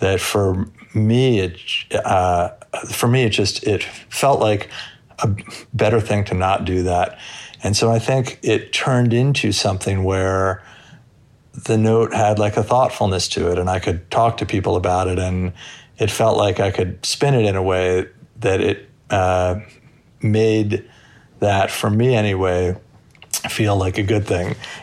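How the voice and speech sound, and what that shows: An adult man speaks in a low, steady voice at a halting pace. Several sounds are stretched out ("for... me... uh"), followed by pauses and phrases that restart. These prolongations and blocks fit a mild stutter.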